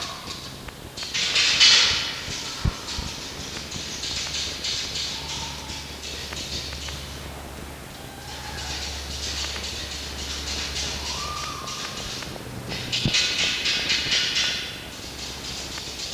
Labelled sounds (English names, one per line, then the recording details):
Red Fox
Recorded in captivity
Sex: female
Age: juvenile
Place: Zoologisches Institut der HUB, Berlin, DE
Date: 1953-05-28
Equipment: Elmetra
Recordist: Tembrock, Günter
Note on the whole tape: Quick (Fiffi nachlaufend): Winsel-Muffen oder Muff-Winseln